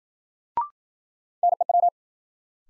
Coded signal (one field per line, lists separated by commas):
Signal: Morse code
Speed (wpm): 53 wpm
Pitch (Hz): 700 Hz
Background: none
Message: NEW